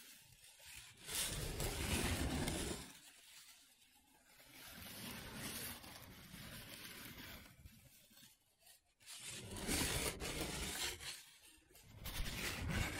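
Paper being rubbed and scratched in several separate passes, each a dense, rough rustling that swells and fades over a second or two. The strokes come irregularly, with brief quiet gaps near 3, 4.5, 8.5 and 11 seconds, and a louder, brighter burst closing the clip.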